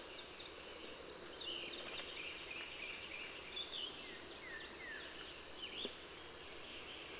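Birds singing: many thin, high chirps and twittering notes overlap against a steady high insect drone.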